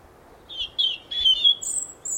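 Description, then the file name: European robin singing a short run of high, thin whistled notes that slide and waver, ending in even higher squeaky notes. "Erithacus rubecula"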